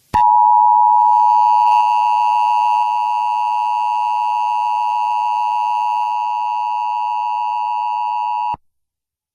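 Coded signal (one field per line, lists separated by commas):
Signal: Emergency Alert System (SAME) tones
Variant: 853 and 960 Hz attention tone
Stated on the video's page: Tones from a fictional animated story about a fake EAS alert.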